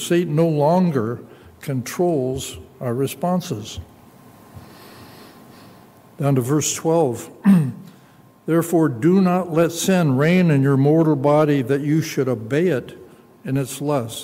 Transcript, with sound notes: Satan no longer controls our responses. Down to verse 12. [clears throat] Therefore, do not let sin reign in your mortal body that you should obey it in its lust.